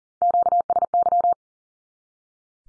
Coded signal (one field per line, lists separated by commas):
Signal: Morse code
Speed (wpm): 40 wpm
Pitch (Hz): 700 Hz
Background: none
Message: QSY